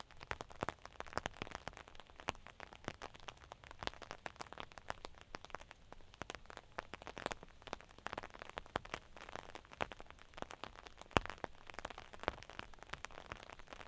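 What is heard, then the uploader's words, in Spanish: Rain falls steadily during a walk, a dense patter of drops striking with many sharp, bright ticks scattered throughout. The level stays fairly even across the clip, with a few louder splats standing out, including one near the eleven-second mark. Un paseo bajo la lluvia. Paseando bajo la lluvia es un episodio grabado durante un día gris del verano del año 2017. Salí a pasear en la Serrella aunque amenazaba lluvia porque la temperatura acompañaba y la previsión era de lluvia débil. Bajo el paraguas pude portar mi equipo mas o menos estable.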